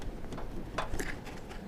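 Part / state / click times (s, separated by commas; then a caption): headlight assembly retaining tab into truck mounting / not seated / none. A plastic headlight assembly is pushed by hand into its mounting clip on a 2003 Dodge Ram 2500 truck, giving low rubbing and knocking noise with a brief sharper burst around 0.8 s. Nothing has clicked into place yet, because the small plastic retaining tab is broken and fails to catch.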